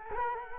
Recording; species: mosquito wingbeat signal from an infrared sensor; Culex quinquefasciatus